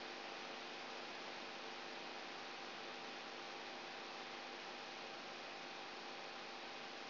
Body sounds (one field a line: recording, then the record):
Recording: brain microelectrode recording played as sound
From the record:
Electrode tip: outside the subthalamic nucleus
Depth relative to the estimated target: -5 mm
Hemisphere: right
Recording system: AlphaMap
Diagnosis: Parkinson's disease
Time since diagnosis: 13 years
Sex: female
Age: 63 years